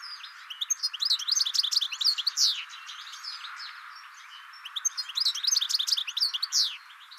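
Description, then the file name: European goldfinch giving two lively bursts of high, liquid twitters and chirps, separated by a quieter pause of about two seconds. "Carduelis carduelis"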